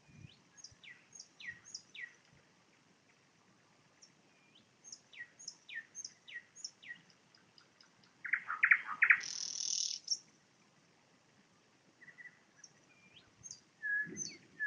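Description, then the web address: Nightingale song: varied phrases of repeated notes, clicks and whistles, a loud harsh rattling burst midway, then softer whistled notes. Recorded in Poland with a parabolic microphone. "nagranie na paraboloid spiew slowika"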